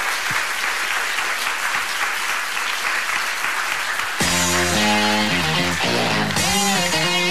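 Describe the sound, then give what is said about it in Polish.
A crowd claps steadily in a dense, even wash of applause for about four seconds for a prize winner at the Talenty Trójki 2014 awards, then it abruptly gives way to loud tonal music. “Dziękujemy bardzo i raz jeszcze oklaski dla naszej laureatki”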